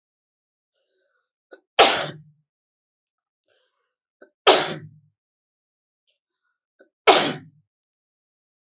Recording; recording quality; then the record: heavy voluntary cough; excellent, no background noise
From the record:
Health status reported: healthy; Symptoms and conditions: none ticked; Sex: male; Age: 25 years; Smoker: not ticked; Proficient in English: yes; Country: India